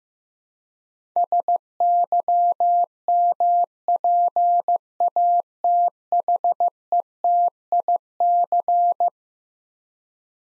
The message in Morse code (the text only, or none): SYMPATHETIC